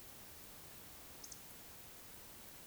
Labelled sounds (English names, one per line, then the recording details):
Eurasian Woodcock whistle
Eurasian Woodcock croak
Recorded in Baden-Württemberg, Germany, on 11 June 2021 at 20:24 UTC
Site 24606, 635 m above sea level